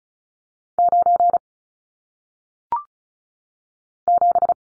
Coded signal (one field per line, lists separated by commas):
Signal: Morse code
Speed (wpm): 36 wpm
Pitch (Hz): 700 Hz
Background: none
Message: 9 7